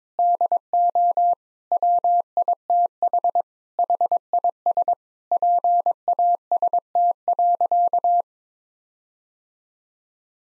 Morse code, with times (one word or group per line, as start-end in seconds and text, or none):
0.2-1.3 DO
1.7-3.4 WITH
3.8-4.9 HIS
5.3-8.2 PAST.